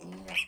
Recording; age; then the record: pig call; piglet (1 to 25 days)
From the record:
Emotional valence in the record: negative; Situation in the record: castration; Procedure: castration, shear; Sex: male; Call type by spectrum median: high-frequency call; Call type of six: mixed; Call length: 0.48 s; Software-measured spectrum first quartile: 1300 Hz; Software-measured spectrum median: 2426 Hz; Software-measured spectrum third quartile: 2786 Hz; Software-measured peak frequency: 2633 Hz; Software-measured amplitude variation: 139 dB a second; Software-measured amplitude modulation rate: 15.5 a second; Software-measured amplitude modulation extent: 8.9 dB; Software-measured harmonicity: 7.9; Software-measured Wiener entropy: -2.58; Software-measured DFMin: 1317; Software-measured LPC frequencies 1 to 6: 2589, 3067, 4397, 5345, 6082, 7383 Hz